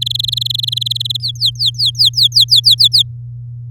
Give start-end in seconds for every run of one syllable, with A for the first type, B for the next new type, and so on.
0.01-1.17 A, 1.20-3.02 B